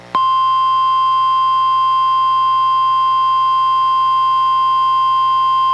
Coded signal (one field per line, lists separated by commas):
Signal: Emergency Alert System (SAME) tones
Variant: 1050 Hz attention tone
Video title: EAS #942: NWR Required Weekly Test- June 12, 2024- 11:04AM PDT